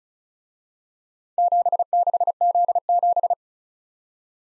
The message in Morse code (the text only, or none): 76Z7